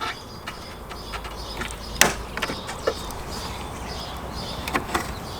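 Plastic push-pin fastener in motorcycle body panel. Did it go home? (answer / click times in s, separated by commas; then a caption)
released / 2.0 s. A tool is inserted into a plastic push-pin trim fastener on the fuel tank plastics of a V-Strom 800 motorcycle body panel to release it. A sharp pop at 2.0 s marks the fastener popping out, followed by softer clicks around 2.4, 4.8 and 4.9 s over a steady background hiss. The fastener is released.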